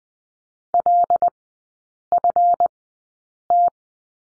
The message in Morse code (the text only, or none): LFT